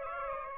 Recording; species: mosquito wingbeat signal from an infrared sensor; Aedes aegypti